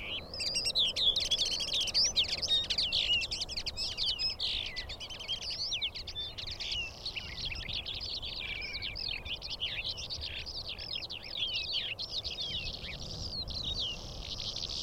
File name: Calandra